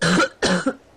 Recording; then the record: coughing mixed with background sound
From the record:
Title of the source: female coughing - coughing sound effects girl